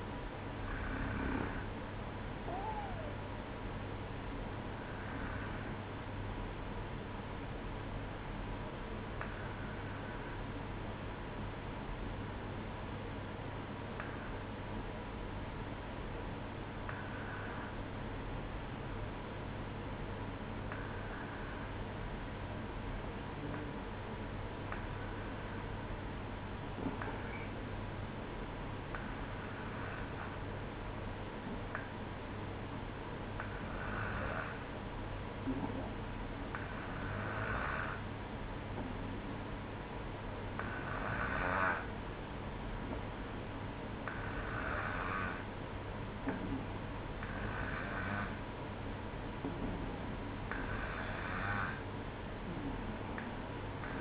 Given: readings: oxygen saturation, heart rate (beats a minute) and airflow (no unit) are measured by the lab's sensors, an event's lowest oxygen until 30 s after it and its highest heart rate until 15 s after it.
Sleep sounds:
breathing in sleep by a voice recorder at the bedside; 1
3.00-33.00 s: hypopnea (N1, oxygen 95% highest, then 92% lowest, heart rate 60 at the start, 61 highest)
7.00-54.01 s: new sleep stage, N2 (light sleep)
From the record:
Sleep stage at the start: N1 (lightest sleep); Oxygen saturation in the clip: 93 to 95%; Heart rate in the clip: 57 to 62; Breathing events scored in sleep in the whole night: 305 in 9.6 hours asleep

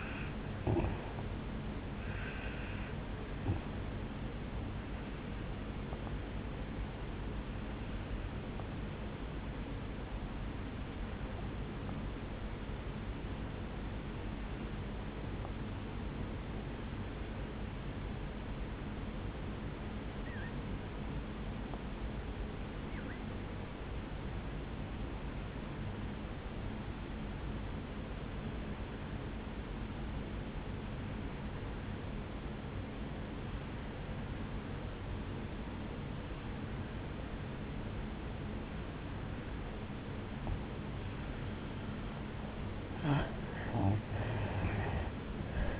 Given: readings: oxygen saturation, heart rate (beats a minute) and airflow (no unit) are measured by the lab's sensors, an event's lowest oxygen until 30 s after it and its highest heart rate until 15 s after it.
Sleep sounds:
breathing in sleep by a voice recorder at the bedside; 1
11.00-41.70 s: obstructive apnea (N1, oxygen 97% highest, then 85% lowest, heart rate 51 at the start, 73 highest)
15.00-45.80 s: new sleep stage, N2 (light sleep)
From the record:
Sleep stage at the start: N1 (lightest sleep); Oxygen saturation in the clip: 81 to 97%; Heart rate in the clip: 51 to 76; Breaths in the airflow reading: 2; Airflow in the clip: -10.1 to 5.6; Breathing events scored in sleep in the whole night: 449 in 7.0 hours asleep

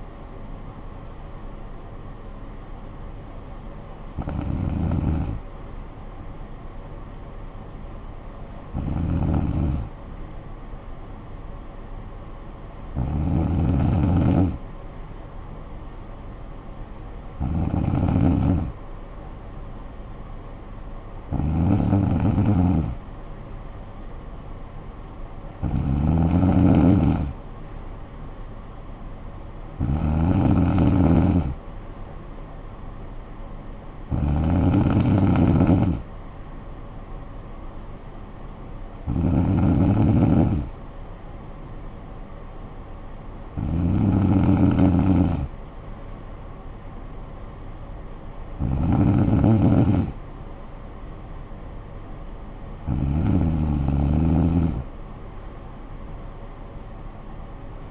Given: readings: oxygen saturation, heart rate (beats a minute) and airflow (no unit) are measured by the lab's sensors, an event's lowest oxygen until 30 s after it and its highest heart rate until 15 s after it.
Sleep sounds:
breathing in sleep by a smartphone at the bedside; none
none scored
From the record:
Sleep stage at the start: N2 (light sleep); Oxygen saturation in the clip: 94 to 96%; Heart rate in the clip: 50 to 59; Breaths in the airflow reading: 12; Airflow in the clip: -10.6 to 6.7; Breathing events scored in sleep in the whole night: 445 in 7.6 hours asleep

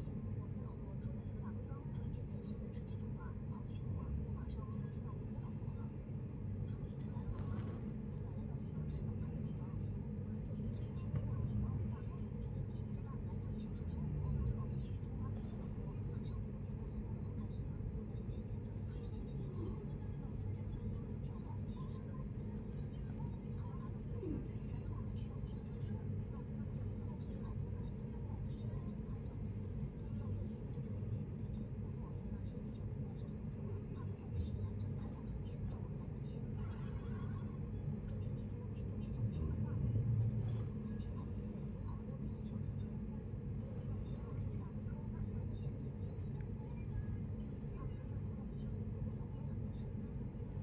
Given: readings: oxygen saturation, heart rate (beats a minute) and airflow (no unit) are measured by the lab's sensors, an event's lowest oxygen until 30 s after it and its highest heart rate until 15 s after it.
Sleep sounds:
a person awake in a sleep study, by a smartphone at the bedside; none
0.00-50.63 s: awake
0.00-50.63 s: awake
From the record:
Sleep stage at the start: awake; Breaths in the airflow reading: 19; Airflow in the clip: -0.6 to 0.6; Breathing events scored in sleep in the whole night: 496 in 5.4 hours asleep

